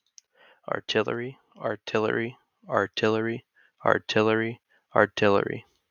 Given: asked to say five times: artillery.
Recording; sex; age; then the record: repeated word; male; 20 to 29 years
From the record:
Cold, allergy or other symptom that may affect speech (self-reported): no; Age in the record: 20 years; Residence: Pennsylvania, United States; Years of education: 15